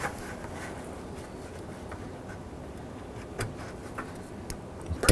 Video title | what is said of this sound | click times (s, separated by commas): How to Replace Radiator 2007-11 Honda Civic | it on you'll hear a little click on there the | 5.1 s